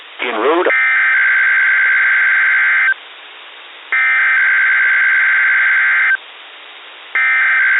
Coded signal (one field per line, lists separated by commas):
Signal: Emergency Alert System (SAME) tones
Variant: header bursts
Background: speech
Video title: NOAA Weather Radio Weekly Test on WXJ41 Hartford, CT (8/10/22) (EAS #39)